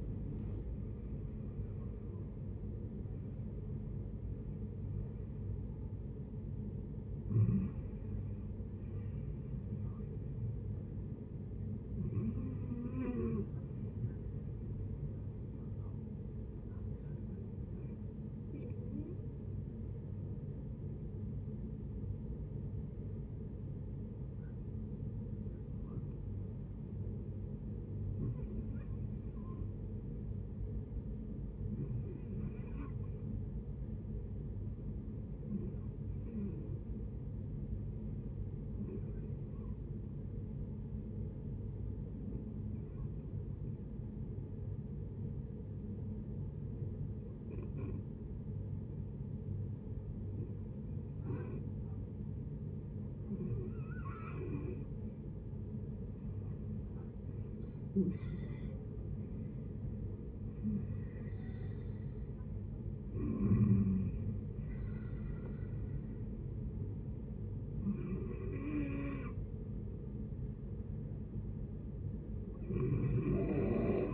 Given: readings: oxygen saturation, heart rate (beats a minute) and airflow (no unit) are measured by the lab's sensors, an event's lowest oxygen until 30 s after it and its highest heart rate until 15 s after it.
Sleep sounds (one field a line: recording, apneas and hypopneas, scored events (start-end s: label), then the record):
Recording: breathing in sleep by a smartphone at the bedside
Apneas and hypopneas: 1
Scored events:
19.00-54.60 s: hypopnea (REM, oxygen 95% highest, then 73% lowest, heart rate 72 at the start, 84 highest)
From the record:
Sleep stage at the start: REM sleep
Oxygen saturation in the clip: 66 to 95%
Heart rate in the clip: 58 to 92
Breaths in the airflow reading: 18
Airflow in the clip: -13.7 to 17.7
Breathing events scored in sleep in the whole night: 496 in 5.4 hours asleep